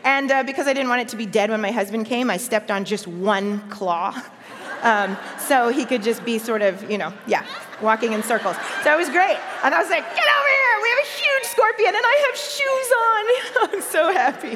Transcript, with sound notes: And because I didn't want it to be dead when my husband came, I stepped on one claw, so he could just sort of walk in circles. (laughter) It was great. I was, like, “Get over here! We have a huge scorpion, and I have shoes on! And I'm so happy.”